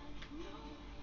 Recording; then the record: background sound without coughing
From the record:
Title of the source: BackgroundMusic4